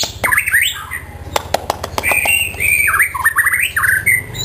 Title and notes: Suara Kicau Burung Murai Batu. burung murai buat masteran